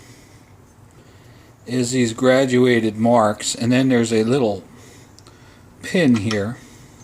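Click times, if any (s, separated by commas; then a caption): none. Someone talks while handling a lathe's indexing pin near the graduated marks, about to push it into the spindle index plate. Two faint, brief ticks are heard at about 5.2 s and 5.3 s during a pause in the talking. The pin has not yet seated or clicked into place.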